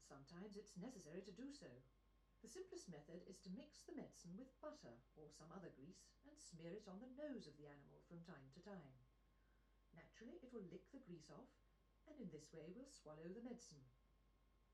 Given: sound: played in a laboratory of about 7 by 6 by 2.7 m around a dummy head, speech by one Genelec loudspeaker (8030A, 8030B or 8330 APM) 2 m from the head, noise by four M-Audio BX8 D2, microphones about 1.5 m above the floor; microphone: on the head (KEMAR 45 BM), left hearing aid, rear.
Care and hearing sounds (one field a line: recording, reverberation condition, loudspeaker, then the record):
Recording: female speech in English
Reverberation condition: low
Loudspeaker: 60 degrees to the right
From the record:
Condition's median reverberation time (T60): about 310 ms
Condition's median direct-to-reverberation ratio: about 3.5 dB